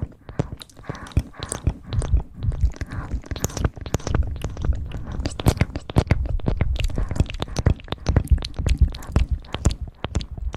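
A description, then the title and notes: Dense, irregular mouth sounds and quick taps crackle throughout, with low thumping mic pumping and soft swirling rustles underneath, never pausing. Mouth sounds + mic pumping, swirling, tapping, and gripping.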